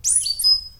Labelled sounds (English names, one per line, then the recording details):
Stitchbird song
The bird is a male
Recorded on Tiritiri Matangi Island, New Zealand, in 2005
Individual 11, of nest box 13